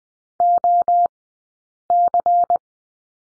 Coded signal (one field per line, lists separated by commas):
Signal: Morse code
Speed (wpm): 20 wpm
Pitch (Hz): 700 Hz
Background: none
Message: OC